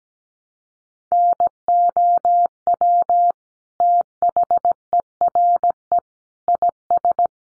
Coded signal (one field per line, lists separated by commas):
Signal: Morse code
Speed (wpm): 17 wpm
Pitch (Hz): 700 Hz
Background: none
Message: NOW THERE IS